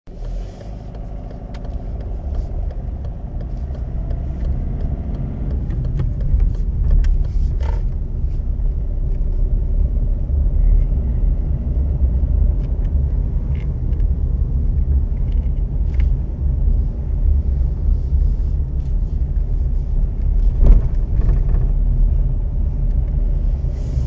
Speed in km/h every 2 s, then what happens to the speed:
3, 15, 19, 19, 17, 22, 22, 20, 20, 19, 19, 19.
0-4 speeds up to 19. 4-24 steady at about 19.